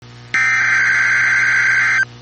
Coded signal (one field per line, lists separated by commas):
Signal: Emergency Alert System (SAME) tones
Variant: header bursts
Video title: Severe Thunderstorm Watch #67 (3/29/25) [EAS #97]